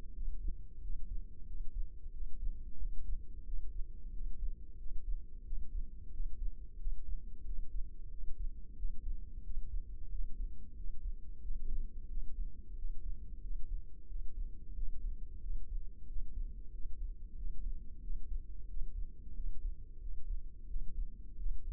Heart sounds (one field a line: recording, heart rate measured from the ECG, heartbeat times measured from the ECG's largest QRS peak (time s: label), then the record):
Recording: heart sounds by microphone in the left ear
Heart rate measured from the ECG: 90 bpm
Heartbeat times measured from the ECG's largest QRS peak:
0.16 s: heartbeat
0.83 s: heartbeat
1.48 s: heartbeat
2.14 s: heartbeat
2.80 s: heartbeat
3.46 s: heartbeat
4.14 s: heartbeat
4.79 s: heartbeat
5.46 s: heartbeat
6.13 s: heartbeat
6.80 s: heartbeat
7.46 s: heartbeat
8.12 s: heartbeat
8.78 s: heartbeat
9.45 s: heartbeat
10.12 s: heartbeat
10.77 s: heartbeat
11.44 s: heartbeat
12.10 s: heartbeat
12.77 s: heartbeat
13.43 s: heartbeat
14.09 s: heartbeat
14.76 s: heartbeat
15.43 s: heartbeat
16.09 s: heartbeat
16.73 s: heartbeat
17.38 s: heartbeat
18.03 s: heartbeat
18.69 s: heartbeat
19.37 s: heartbeat
20.02 s: heartbeat
20.69 s: heartbeat
21.39 s: heartbeat
From the record:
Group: healthy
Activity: rest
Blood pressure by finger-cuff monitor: 140/89 mmHg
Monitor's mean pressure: 107 mmHg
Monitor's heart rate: 91 bpm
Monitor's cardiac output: 7.3 L/min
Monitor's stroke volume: 82 mL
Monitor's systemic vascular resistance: 1080 dyn s/cm5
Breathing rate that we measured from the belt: 20 breaths a minute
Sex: male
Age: 21 years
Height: 175 cm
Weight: 72.6 kg